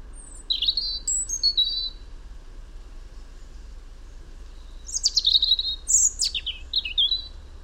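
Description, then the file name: European robin song: high, thin whistled phrases with rapid trills and sliding notes, given in two bursts separated by a few seconds of quiet, over low steady background noise. "Erithacus rubecula"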